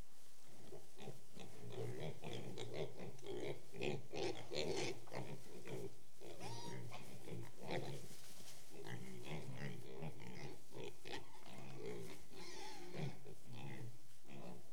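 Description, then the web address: Pigs grunting continuously in a dense chorus of short, repeated low snorts. Pigs in a shed. "BBC Sound Effects Library. Pigs In Shed"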